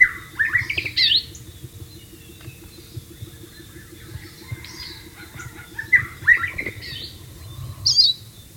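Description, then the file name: White-rumped shama song: separate bursts of whistled and slurred notes at the start, middle and end, with quieter gaps between. "suara burung murai batu di alam liar"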